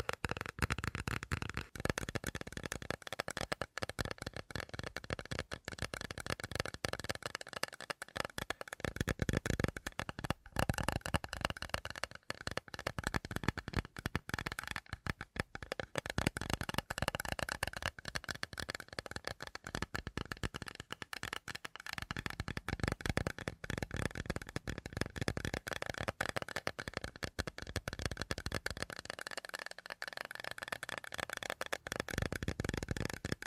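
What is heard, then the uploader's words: Fast tapping runs without a break for the whole half minute, a dense flurry of sharp clicks that sounds much like cards being shuffled. The rattle stays bright and crisp, with brief dips in intensity around 8, 20 and 30 seconds. ASMR 1 Hour Fast Tapping for Sleep (No Talking).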